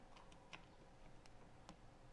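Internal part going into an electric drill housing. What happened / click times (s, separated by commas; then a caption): The internal part snapped into its plastic housing / 1.7 s. A refitted internal part is pushed back into its original place in the plastic housing of a Bosch GBM320 electric drill during a repair. Several faint ticks are heard, followed by a sharp click at 1.7 s as the part locks into the housing.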